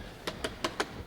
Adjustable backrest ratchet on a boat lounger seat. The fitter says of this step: up at different angles I don't know if you can hear the little clicking noise in there but